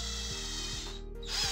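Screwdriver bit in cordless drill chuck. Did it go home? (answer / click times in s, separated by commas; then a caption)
no / none. A screwdriver bit is being handled in the keyless chuck of a cordless drill. Steady harmonic tones with a low hum and brief downward sweeps around 0.3, 0.7 and 1.4 s are heard, with a brighter hiss near the end. Nothing has seated or clicked yet.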